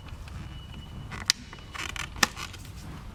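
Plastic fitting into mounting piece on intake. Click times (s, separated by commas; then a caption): 1.3 s, 2.2 s. A plastic fitting on a 2002-2005 Land Rover Freelander is plugged into a small mounting piece at the back of the intake. Over a low background rumble, sharp clicks sound at 1.3 s and 2.2 s. The fitting seats with a click.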